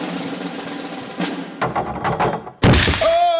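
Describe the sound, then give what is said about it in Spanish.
Scattered rustling and clinking build up, then a loud, heavy crash as someone dives into a giant room full of coins, followed by bright metallic ringing and jangling as the coins settle. “¡No es algo líquido! Son un montón de piezas de materia sólida que forman una superficie dura como una piedra.”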